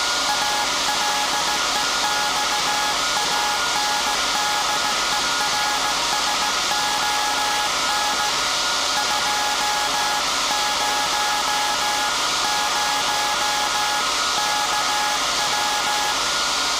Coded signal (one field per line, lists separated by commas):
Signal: Morse code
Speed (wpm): 17 wpm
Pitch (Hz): 840 Hz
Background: music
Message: ALEXANDERSON 200KW